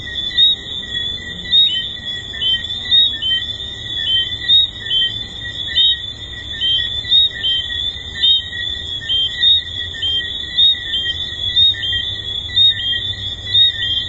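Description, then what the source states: Tree frog chorus of overlapping high chirping calls, louder notes pulsing about once a second atop a constant ringing drone. Tree frogs recorded at the Hedonism II resort.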